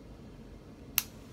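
A single sharp click at 1.0 s is the second, end-of-dose click of an Aimovig migraine autoinjector pen, heard over faint low background noise. It signals the injection is over: the dose has been delivered and the needle retraction mechanism has released, popping the needle back into the tube.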